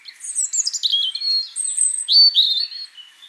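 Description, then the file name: European robin song phrase, a rapid run of high whistled and descending notes followed by sustained thin tones and a brighter trill. "Erithacus rubecula"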